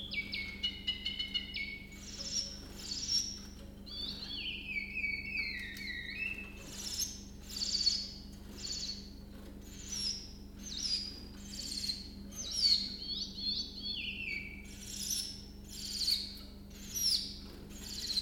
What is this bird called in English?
Willow Warbler